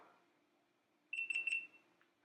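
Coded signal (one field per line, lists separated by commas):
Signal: beep code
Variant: GoPro Hero8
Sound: a short run of high-pitched electronic beeps, nearly run together, about three pulses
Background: quiet room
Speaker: when you turn on your gopro it will be followed by three beeps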